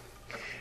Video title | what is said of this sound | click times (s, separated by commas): RESPIRATORY CARE: Draeger Evita XL | all we have to do is put it back in make sure it clicks in | 0.3 s